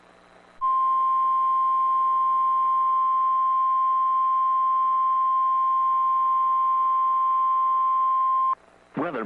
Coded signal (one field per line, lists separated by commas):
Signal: Emergency Alert System (SAME) tones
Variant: 1050 Hz attention tone